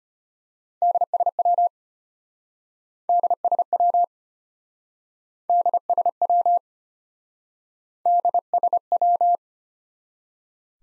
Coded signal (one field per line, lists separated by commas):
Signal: Morse code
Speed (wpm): 34 wpm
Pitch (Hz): 700 Hz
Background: none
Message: DSW DSW DSW DSW